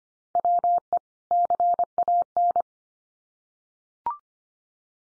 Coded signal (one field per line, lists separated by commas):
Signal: Morse code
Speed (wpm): 25 wpm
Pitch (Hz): 700 Hz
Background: none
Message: WE CAN